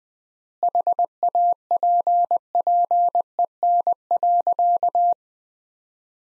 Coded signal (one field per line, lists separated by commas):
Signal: Morse code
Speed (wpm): 20 wpm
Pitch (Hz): 700 Hz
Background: none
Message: HAPPEN.